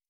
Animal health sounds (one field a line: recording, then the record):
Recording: hydrophone in a shrimp aquaculture tank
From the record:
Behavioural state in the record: stressed